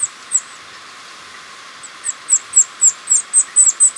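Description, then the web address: Masked mountain tanager song: after two opening notes and a pause, a series of very high, piercing downslurred notes, about four per second. Ecuador. "Birds of Ecuador. Masked Mountain-Tanager"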